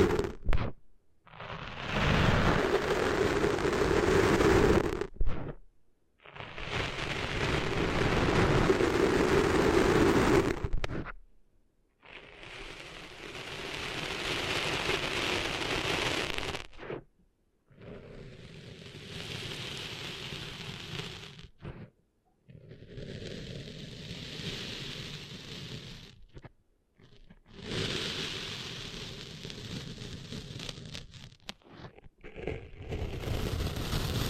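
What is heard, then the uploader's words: Sand is cleaned out of ears in about six dense, gritty, rain-like rustling bursts of several seconds each, separated by short silent gaps. ASMR Cleaning Sand Out of Your Ears (No Talking).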